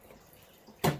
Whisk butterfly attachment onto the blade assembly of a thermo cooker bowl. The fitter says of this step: clips into place. So the butterfly is quite hard to push into place, and once it's in, it is locked into place.